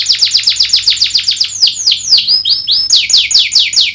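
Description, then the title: Domestic canary song, a fast series of bright downslurred whistles with some higher notes mixed in; continuous and loud. Lively singing canary with the best melodic twists (cengkok) and rich fill-in phrases (isian). "Kenari Gacor Cengkok Terbaik Isian Paling Mewah Kenarigacor Kicaumania Kenari"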